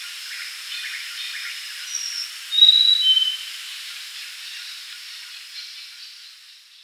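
Grey-chested jungle flycatcher song: a single sweet high whistle then a lower short note midway, surrounded by a steady wash of insect noise.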